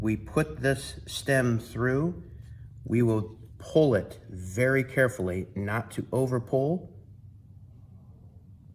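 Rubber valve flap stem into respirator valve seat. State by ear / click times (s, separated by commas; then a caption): not seated / none. A rubber exhalation or inhalation valve stem is being put through its seat hole in the body of a North 7700 half-face air-purifying respirator and pulled carefully so as not to over-pull. Someone talks throughout, with no distinct click. Nothing has seated or snapped into place yet.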